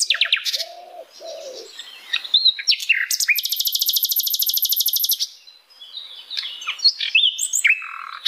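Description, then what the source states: Flycatcher song mixing high chips with low nasal notes, then a sustained rapid buzzy trill lasting about two seconds, followed by varied whistled phrases. Flycatcher singing loudly (gacor), used as masteran for training cage birds.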